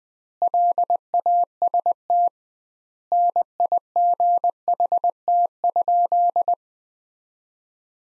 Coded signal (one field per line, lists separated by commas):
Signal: Morse code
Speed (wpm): 20 wpm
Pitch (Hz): 700 Hz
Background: none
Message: LAST NIGHT?